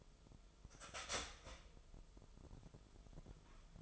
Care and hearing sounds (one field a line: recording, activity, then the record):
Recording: daily activity, microphone in the room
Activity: start toaster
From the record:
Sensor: 5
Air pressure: 988.7 hPa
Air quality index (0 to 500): 233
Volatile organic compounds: 184 ppm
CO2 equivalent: 4159 ppm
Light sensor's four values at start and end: 39/123/48/51 and 39/123/48/51